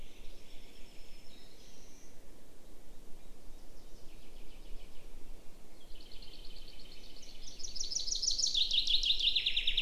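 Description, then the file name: Common chaffinch song arriving near the end, a rapid descending trill left unfinished, preceded by fainter similar phrases. "Fringilla coelebs"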